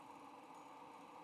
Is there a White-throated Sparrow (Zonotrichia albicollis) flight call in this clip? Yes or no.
no